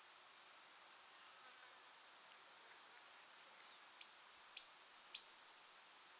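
Goldcrest song, faint very high thin notes, then a louder rapid high-pitched trilled phrase near the end.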